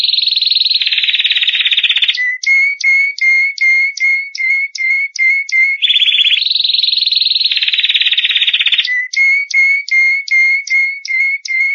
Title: Kicau Burung Kenari